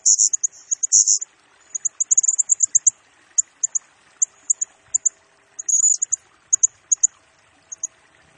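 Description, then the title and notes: Blue-crowned hanging parrot song: rapid, very high, thin chirps in quick runs, with longer buzzy bursts near the start and again around six seconds. Lure recording for training birds; energetic 'gacor' singing in the 'nembak' style, said to provoke other birds; 'nasteran' and lure sounds. "Burung Serindit Nembak Gacor Bikin Emosi Semua Burung. Suara Nasteran Dan Pemikat Burung Serinditan Gacor"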